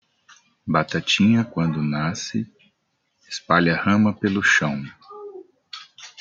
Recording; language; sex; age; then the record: short text; Brazilian Portuguese; male; 40 to 49 years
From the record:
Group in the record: control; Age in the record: 46 years